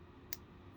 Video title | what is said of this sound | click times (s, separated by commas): Part 8 Tamiya TT02D build #Tamiya #tt02 #1stRCbuild | hear that snap and you can see a wiggle | 0.3 s